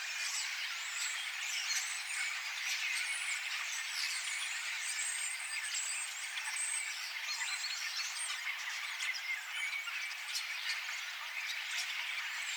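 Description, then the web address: Common starlings in a flock chorus: a dense, continuous babble of overlapping whistles, clicks and squeaky chatter with no pauses throughout. Flock of common starlings singing in chorus, recorded 13 September 2024. "paivat 13 9 2024 kottaraisparven kuorolaulua"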